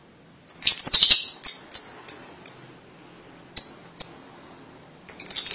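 Lovebird giving a quick squeaky chatter, then single high sharp chirps at uneven intervals, ending with another shrill burst.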